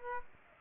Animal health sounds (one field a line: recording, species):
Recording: mosquito wingbeat signal from an infrared sensor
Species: Aedes aegypti